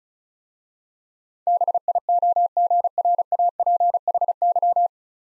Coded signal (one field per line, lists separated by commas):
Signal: Morse code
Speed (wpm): 36 wpm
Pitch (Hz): 700 Hz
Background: none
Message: BIOGRAPHY